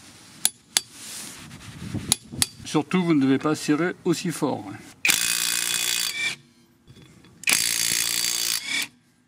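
A click-type torque wrench set to 120 Nm tightens wheel nuts that were pre-snugged with an impact wrench, giving sharp metallic clicks at 0.5, 0.8, 2.1 and 2.4 s as it reaches its set torque. Someone then talks, followed by two long, loud, harsh buzzing bursts from about 5.1 to 6.3 s and 7.5 to 8.8 s.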